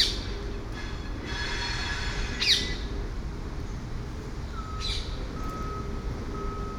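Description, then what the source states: Parakeet calls, two sharp grating screeches a couple of seconds apart, with a rumbling, train-like drone and a faint whine in the background. Parakeets over Hackney Marsh.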